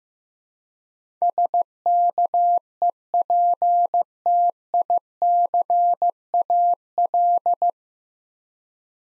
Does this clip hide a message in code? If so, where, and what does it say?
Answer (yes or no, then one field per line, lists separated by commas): yes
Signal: Morse code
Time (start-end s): 1.2-7.7 s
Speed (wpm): 15 wpm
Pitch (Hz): 700 Hz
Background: none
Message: SKEPTICAL